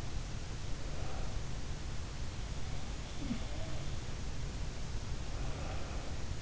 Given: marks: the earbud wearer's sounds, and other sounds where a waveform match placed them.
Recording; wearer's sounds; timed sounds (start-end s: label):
sounds in sleep by an in-ear microphone; breath
0.77-1.52 s: breath
2.82-3.90 s: sound from someone else or the room
5.25-6.16 s: breath